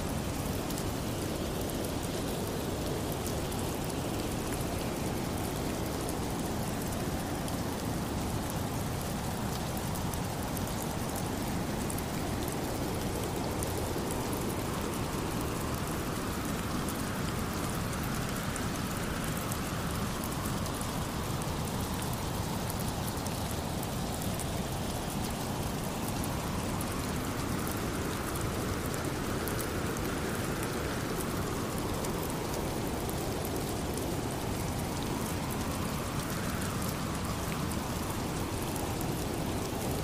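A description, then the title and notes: Steady, dense rain patters across the whole clip at an even level. Wind blows underneath in slow swells, rising and easing in long gusts about every five to ten seconds, with a strong gust near the middle and a sharper rise around 36 seconds. Rain Sounds With Wind Blowing White Noise.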